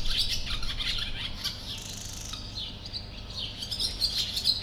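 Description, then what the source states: Sand martin chatter, rapid raspy twitters that ease off briefly midway and then pick up again over a steady low hum. Recorded in nature in 2016; place given as Potamia.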